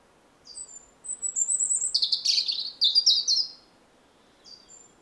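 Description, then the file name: European robin delivering a high, wavering whistle that breaks into a fast tumbling jumble of liquid, trilled notes, then a pause and a faint final note. "Erithacus rubecula"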